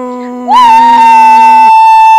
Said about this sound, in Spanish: Pero con ese grito quedó, pero más que demostrado todo el ánimo que tiene hoy día.